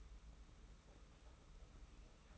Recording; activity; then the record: daily activity, microphone in the room; take from stove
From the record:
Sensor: 1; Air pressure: 991.0 hPa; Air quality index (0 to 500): 91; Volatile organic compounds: 33 ppm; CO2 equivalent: 3015 ppm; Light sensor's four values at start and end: 36/117/46/47 and 36/117/46/47